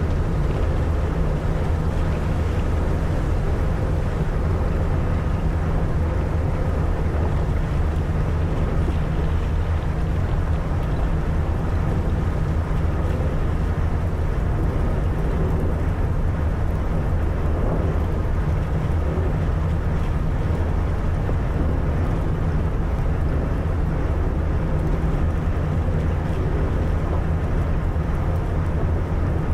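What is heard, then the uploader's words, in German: Ship engines drone steadily as an icebreaker moves through frozen water, a deep hum with strong low bands that hardly changes over the whole clip. A dense, rough rumble of grinding and churning fills the middle range, loud and constant throughout. Der Eisbrecher im gefrorenen Arktischen Ozean. Einem Eisbrecher, der durch die gefrorene Ostsee in der Nähe des zauberhaften Lapplands in Finnland navigiert. Lauschen Sie dem rhythmischen Brummen der Schiffsmotoren, während sie sich durch eisige Gewässer schneiden.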